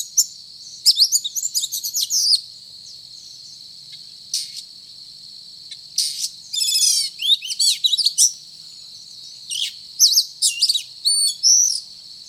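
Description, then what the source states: Oriental magpie-robin singing bouts of whistled slurs and fast trills, with scattered harsh notes and short silences between phrases. Called kacer locally; described as gacor, actively and vigorously singing.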